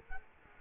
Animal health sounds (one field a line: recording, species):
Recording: mosquito wingbeat signal from an infrared sensor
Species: Culex quinquefasciatus